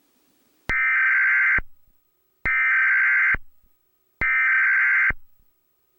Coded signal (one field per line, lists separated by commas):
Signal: Emergency Alert System (SAME) tones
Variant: header bursts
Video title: 2021: An Deadly Spring, An EAS Scenario. #eas #capcut@EAS-kun @ftscenarios @JustDante